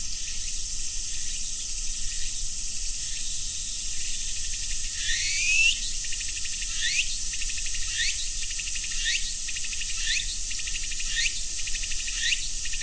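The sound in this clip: Continuous shrill cicada buzz, joined midway by quick upward-sweeping chirps that recur roughly every second.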